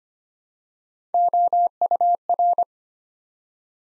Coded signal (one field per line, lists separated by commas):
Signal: Morse code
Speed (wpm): 25 wpm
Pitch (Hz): 700 Hz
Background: none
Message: OUR